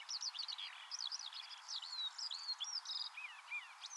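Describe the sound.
Eurasian skylark song, varied chirps and slurred whistles in a steady jumble, over a faint hiss.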